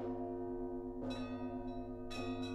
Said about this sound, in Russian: Зазвонили колокола к обедне. В порывах ветра и снежной завесе звучали глухо. Звон то гремел, то почти стихал.